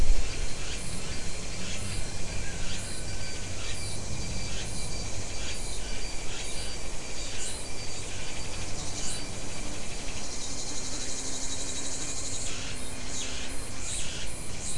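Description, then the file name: Insects in a steady buzzing chorus, thin high tones held throughout with brief scratchy bursts, beneath heavy low rumbling noise. "mainly insect"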